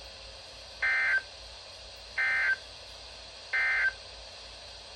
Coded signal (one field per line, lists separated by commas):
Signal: Emergency Alert System (SAME) tones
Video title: EAS 2024-2042 (7/20 - 8/17/22)